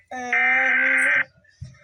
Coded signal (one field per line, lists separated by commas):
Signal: Emergency Alert System (SAME) tones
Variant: header bursts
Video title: eas, alarms